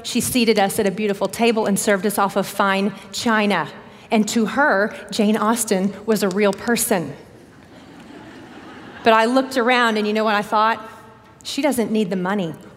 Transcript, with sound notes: She seated us at a beautiful table and served us off of fine china. And to her, Jane Austen was a real person. (laughter) But I looked around, and you know what I thought? She doesn't need the money.